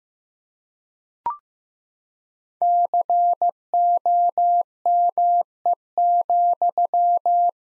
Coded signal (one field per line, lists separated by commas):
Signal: Morse code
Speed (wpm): 16 wpm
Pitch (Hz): 700 Hz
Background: none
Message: COME,